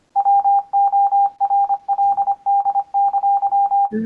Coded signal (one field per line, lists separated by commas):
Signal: Morse code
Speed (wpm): 25 wpm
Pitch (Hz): 800 Hz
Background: none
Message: WORLD!